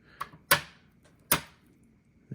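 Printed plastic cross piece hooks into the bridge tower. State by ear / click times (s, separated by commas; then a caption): seated / 0.5 s, 1.3 s. A 3D printed plastic cross piece, with its hooks lined up, is pressed home into the printed bridge tower, giving loud sharp snaps at 0.5 and 1.3 seconds after a faint tick at 0.2 seconds. The hooks are seated and the tower is complete.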